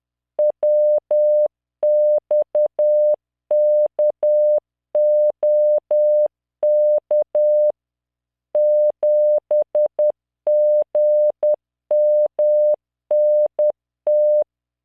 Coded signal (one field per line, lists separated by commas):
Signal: Morse code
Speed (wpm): 10 wpm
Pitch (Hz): 600 Hz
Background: none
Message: WXKOK 7GMNT